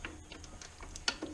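A click-type torque wrench tightens a throttle body bolt on a 1996 Ford F150. The bolt had been missed earlier because its click was never heard, so the wrench turns it further through a few faint ticks. It then gives a sharp, loud click at its torque setting at 1.1 s, confirming the bolt is now tightened.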